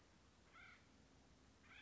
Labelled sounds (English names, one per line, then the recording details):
Acorn Woodpecker
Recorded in Sonoma County, California